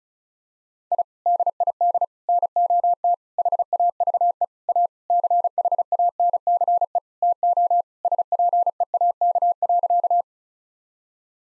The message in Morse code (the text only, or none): I DID NOT HAVE A CHANCE TO SPEAK.